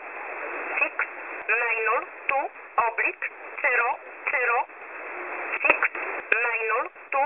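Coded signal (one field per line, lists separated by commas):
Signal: numbers station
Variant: E11 Oblique, English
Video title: E11 Oblique 01/01/2024 1045 UTC 11100kHz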